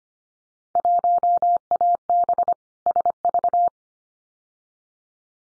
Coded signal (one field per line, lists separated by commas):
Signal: Morse code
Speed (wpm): 25 wpm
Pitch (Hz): 700 Hz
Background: none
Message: 1AB SV